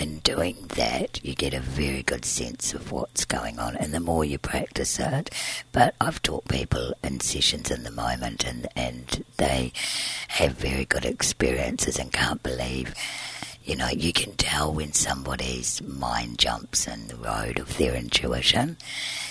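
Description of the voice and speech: Fluent speech from an adult woman in an unusually low, creaky, rough voice, consistent with dysphonia from vocal fold scarring. She was born with large laryngeal cysts, and surgery at age 20 to remove them scarred one of her vocal cords. She still breathes through a tracheostomy tube because her airway is narrow.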